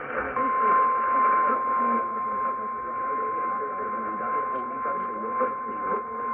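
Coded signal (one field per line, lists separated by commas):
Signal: Emergency Alert System (SAME) tones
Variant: 1050 Hz attention tone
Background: speech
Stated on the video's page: Tornado Warnings on 1040 AM relayed from NOAA Weather Radio station, received about 802 miles away on a Sangean HDR-15 radio.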